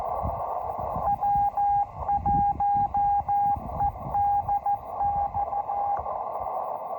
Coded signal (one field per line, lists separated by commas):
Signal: Morse code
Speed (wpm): 14 wpm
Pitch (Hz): 810 Hz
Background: radio noise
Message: W1EDX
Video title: The Coolest Location For A First CW POTA Activation